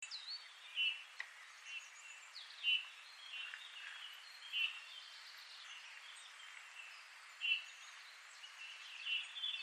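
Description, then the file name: Eurasian bullfinch giving short, soft piping call notes at irregular intervals of about two to three seconds, over a busy background of other small birds chirping and trilling. "Pyrrhula pyrrhula"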